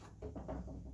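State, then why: Not seated. Plastic wiring harness connectors are handled at the control board of an unplugged Samsung dryer that won't stop spinning, as they are pushed back in one after another. Low, muffled handling rustles and soft thuds swell around 0.2, 0.35 and 0.5 seconds, with no sharp click. The clip ends before any connector is home, so nothing has seated or clicked yet.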